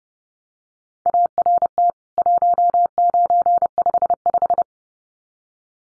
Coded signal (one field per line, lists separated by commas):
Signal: Morse code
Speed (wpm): 30 wpm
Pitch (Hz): 700 Hz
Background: none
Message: ART 1955